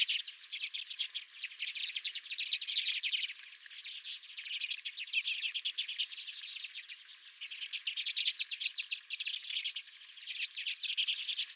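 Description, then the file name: Redpolls chattering as a group, continuous buzzy twitters with short louder bursts and brief lulls. Several redpolls at a feeder. "Redpolls at My Feeder"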